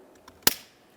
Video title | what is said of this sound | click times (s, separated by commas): How to Replace Master Power Window Switch 2011-2018 Volkswagen Jetta | slide that right into position and listen for our click | 0.5 s